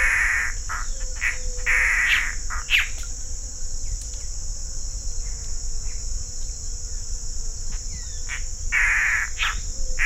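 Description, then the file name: Mato Grosso antbird: a few rough, buzzy bursts early and again near the end, separated by a quieter stretch of steady insect drone and low background noise. Recorded near Barão de Melgaço, Mato Grosso, Brazil, on 5 May 2006. "Cercomacra melanaria BMelgaco MT 5 5 2006 ASilveira"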